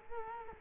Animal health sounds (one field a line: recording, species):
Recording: mosquito wingbeat signal from an infrared sensor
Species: Culex quinquefasciatus